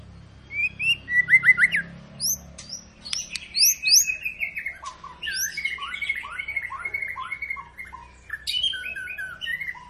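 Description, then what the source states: White-rumped shama song, a rich run of varied whistled phrases, slurred notes and chattering trills jumping between low and very high pitches. Lure song intended to prompt white-rumped shamas to sing; 'gacor panjang' refers to long, continuous singing.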